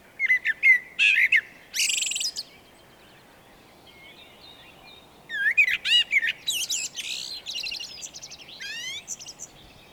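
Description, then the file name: Eurasian blackbird singing a whistled phrase with a harsh scratchy end, then after a pause a longer run of whistles and high twitters. "Turdus merula"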